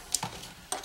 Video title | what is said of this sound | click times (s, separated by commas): VW Touran Clutch Master Cylinder installation | You'll feel it slides and then it clips into the previous position that it's at. | 0.1 s, 0.7 s